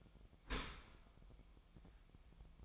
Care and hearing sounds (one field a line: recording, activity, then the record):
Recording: daily activity, microphone in the room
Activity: open dishwasher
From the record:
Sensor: 1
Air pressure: 1004.7 hPa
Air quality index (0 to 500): 120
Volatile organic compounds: 4 ppm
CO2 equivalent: 1665 ppm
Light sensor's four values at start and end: 9/21/8/9 and 9/21/8/9